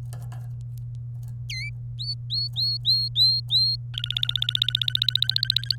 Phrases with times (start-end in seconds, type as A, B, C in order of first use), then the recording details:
1.49-1.69 A, 1.99-3.76 B, 3.94-5.76 C. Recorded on 27 April 2018 at 13:20. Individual llb3